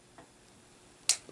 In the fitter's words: make sure you hear that click